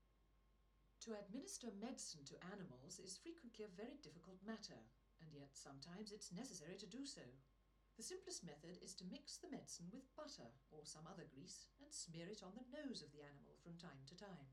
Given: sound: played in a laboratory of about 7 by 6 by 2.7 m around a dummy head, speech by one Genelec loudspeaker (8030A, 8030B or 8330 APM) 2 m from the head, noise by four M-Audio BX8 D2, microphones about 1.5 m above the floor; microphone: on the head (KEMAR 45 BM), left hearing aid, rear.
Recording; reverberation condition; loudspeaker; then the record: female speech in English; low; behind (180 degrees)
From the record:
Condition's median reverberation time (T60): about 310 ms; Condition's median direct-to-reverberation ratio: about 3.5 dB